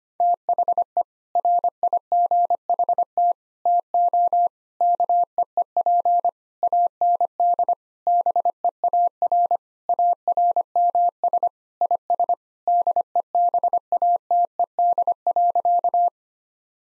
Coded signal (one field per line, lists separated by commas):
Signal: Morse code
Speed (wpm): 25 wpm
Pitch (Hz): 700 Hz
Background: none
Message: THE RIGHT TO KEEP AND BEAR ARMS IS DEBATED.